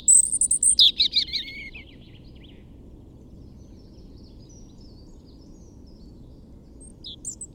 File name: Erithacus rubecula